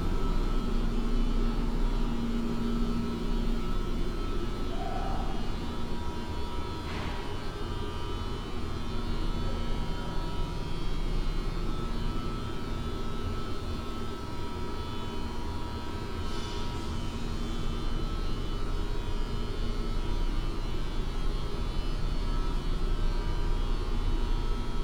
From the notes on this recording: the sounds of the HVAC system and the electrical room punctuated by voices and construction noises